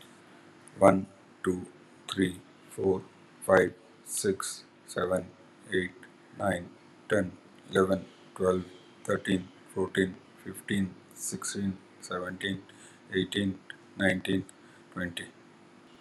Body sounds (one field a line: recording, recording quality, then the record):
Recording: counting at a normal pace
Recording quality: excellent, no background noise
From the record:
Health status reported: healthy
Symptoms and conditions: cough, cold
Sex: male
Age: 52 years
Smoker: not ticked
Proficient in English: yes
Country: India